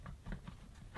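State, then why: Not seated. An internal plug that came apart in transit inside an unused returned appliance, apparently never put in correctly at the factory, is handled as it is pushed back toward its socket. A few soft, brief knocks of handling are heard around 0.1, 0.3 and 0.5 s over a low background. Nothing has seated or clicked yet.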